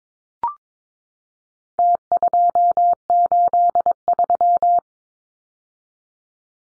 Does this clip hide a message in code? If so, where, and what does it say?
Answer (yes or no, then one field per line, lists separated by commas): yes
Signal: Morse code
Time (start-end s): 1.8-4.8 s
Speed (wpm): 22 wpm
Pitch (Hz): 700 Hz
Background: none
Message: T283